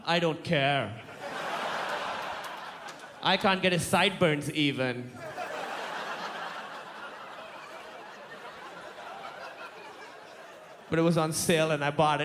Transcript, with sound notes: I don't care.
(LAUGHTER)
I can't get his sideburns even.
(LAUGHTER)
But it was on sale and I bought it.